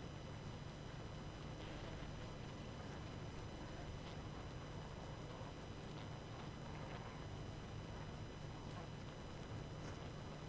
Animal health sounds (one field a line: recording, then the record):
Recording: honeybee colony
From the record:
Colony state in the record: active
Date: 12 June 2018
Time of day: 23:36